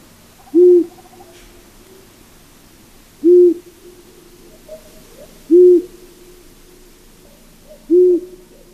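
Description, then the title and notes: Long-eared Owl hoots: single low, soft, even hoots repeated about every two and a half seconds, with faint background hiss. "Sarvipöllö. Juha Laaksonen"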